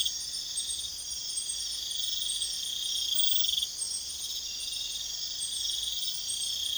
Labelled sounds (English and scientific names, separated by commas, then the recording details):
none
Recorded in pastures near Puerto Asís, Putumayo, Colombia, on 22 June 2025 at 02:00
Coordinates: 0.502, -76.324
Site G010